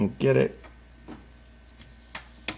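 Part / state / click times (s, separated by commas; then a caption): snap ring onto mini bike clutch shaft groove / seated / 2.2 s, 2.5 s. Someone talks briefly as a steel snap ring is expanded with pliers and pushed onto a mini bike clutch shaft. Sharp metallic snaps at 2.2 s and 2.5 s mark the ring seating into its groove on the shaft.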